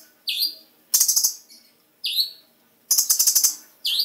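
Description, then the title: Bird calling: a swooping hooked note, then a rattling burst of fast ticks, the pair given twice, ending on another hooked note. Described as a small bird. "Burung Kecil"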